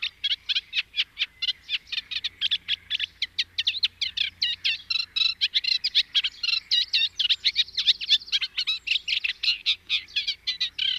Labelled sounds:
Eurasian Reed Warbler (Acrocephalus scirpaceus) song

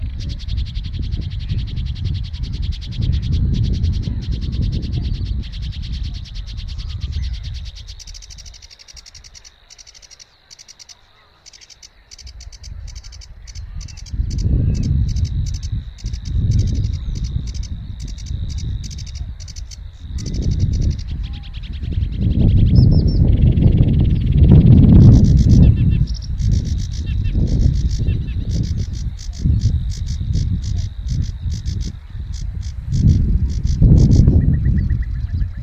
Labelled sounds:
Sedge Warbler (Acrocephalus schoenobaenus) song

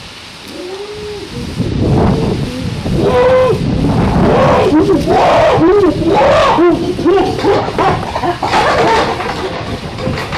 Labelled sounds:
Chimpanzee (Pan troglodytes)

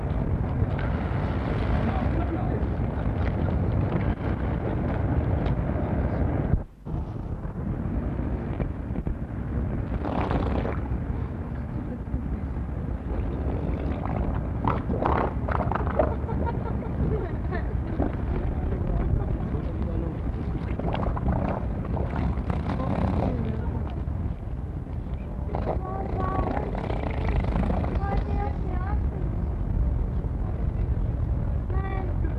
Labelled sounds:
Harbor Seal (Phoca vitulina)

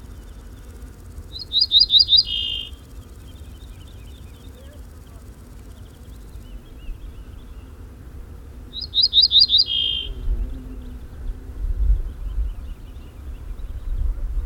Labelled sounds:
Pine Bunting (Emberiza leucocephalos) song

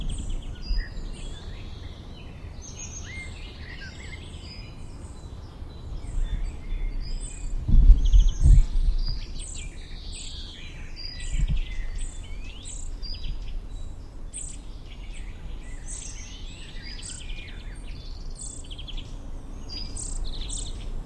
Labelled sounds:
Eurasian Nuthatch (Sitta europaea) call

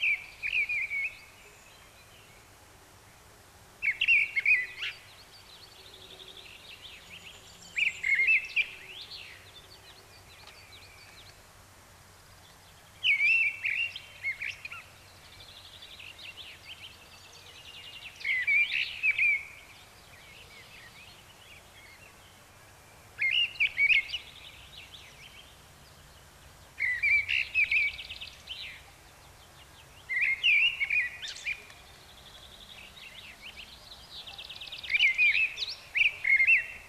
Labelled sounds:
Mistle Thrush (Turdus viscivorus) song

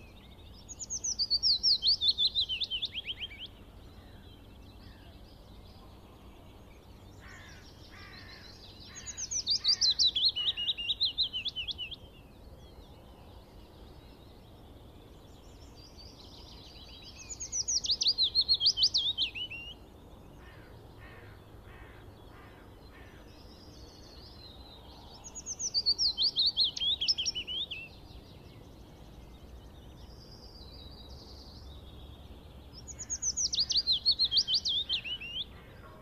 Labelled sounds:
Willow Warbler (Phylloscopus trochilus) song

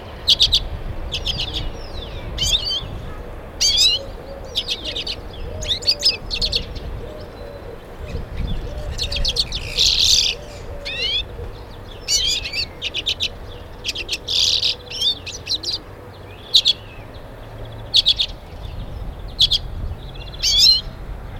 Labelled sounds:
Common Redpoll (Carduelis flammea)

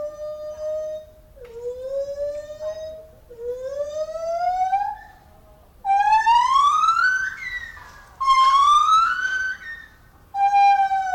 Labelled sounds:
Lar Gibbon (Hylobates lar) call

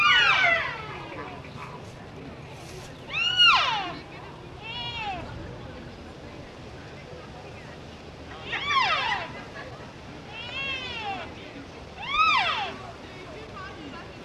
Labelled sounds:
Wapiti (Cervus canadensis) call

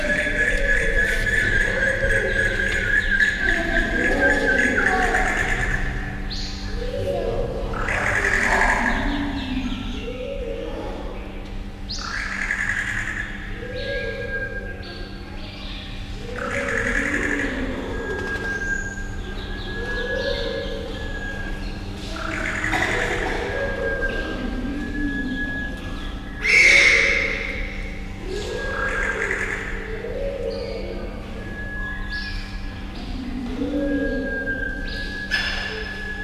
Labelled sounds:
Sunbittern (Eurypyga helias)

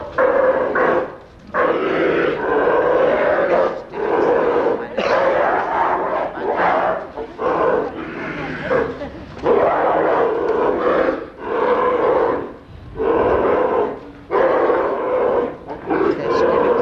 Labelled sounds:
Polar Bear (Ursus maritimus) aggressive call

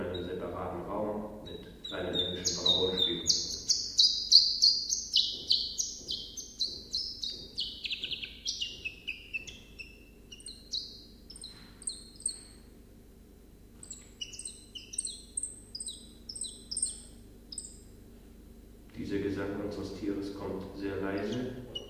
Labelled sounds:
Common Chiffchaff (Phylloscopus collybita) song

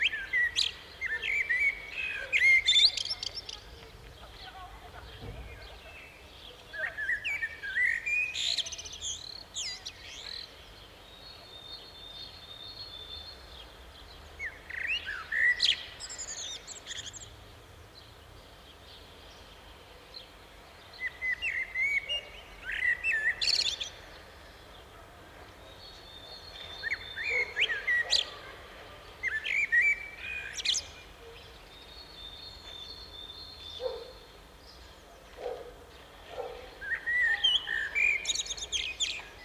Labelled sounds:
Common Blackbird (Turdus merula) song

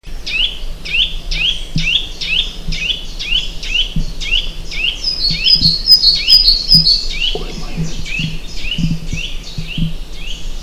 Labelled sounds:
Eurasian Nuthatch (Sitta europaea) call

